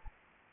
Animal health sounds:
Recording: mosquito wingbeat signal from an infrared sensor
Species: Anopheles gambiae

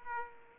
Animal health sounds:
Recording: mosquito wingbeat signal from an infrared sensor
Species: Aedes aegypti

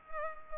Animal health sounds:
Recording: mosquito wingbeat signal from an infrared sensor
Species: Culex pipiens

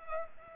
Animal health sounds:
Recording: mosquito wingbeat signal from an infrared sensor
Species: Culex pipiens

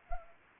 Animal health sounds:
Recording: mosquito wingbeat signal from an infrared sensor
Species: Anopheles arabiensis

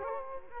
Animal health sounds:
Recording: mosquito wingbeat signal from an infrared sensor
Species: Culex quinquefasciatus

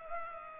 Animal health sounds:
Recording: mosquito wingbeat signal from an infrared sensor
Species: Culex pipiens

